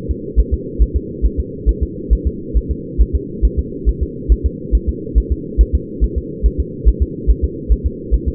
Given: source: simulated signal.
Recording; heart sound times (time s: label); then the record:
fetal heart sounds
0.11 s: S2
0.40 s: S1
0.54 s: S2
0.82 s: S1
0.96 s: S2
1.26 s: S1
1.40 s: S2
1.69 s: S1
1.83 s: S2
2.13 s: S1
2.27 s: S2
2.57 s: S1
2.71 s: S2
3.01 s: S1
3.16 s: S2
3.45 s: S1
3.59 s: S2
3.89 s: S1
4.03 s: S2
4.32 s: S1
4.46 s: S2
4.75 s: S1
4.89 s: S2
5.18 s: S1
5.32 s: S2
5.61 s: S1
5.75 s: S2
6.04 s: S1
6.18 s: S2
6.46 s: S1
6.60 s: S2
6.88 s: S1
7.03 s: S2
7.30 s: S1
7.44 s: S2
7.72 s: S1
7.86 s: S2
8.14 s: S1
8.28 s: S2
From the record:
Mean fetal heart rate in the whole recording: 140 bpm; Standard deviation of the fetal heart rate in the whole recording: 2 bpm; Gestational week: 34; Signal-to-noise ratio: -4.1 dB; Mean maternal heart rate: no maternal heart sound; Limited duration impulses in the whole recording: absent